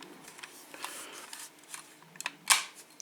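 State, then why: Seated. The main body panel of a Solido 1/18 diecast McLaren MP4/2B (1985) F1 model race car is refitted onto its chassis after the nose has been rested in place. Light handling taps and scrapes lead up to a sharp double snap at 2.2 and 2.3 seconds as the panel seats, followed by a louder burst of broadband handling noise near 2.5 seconds.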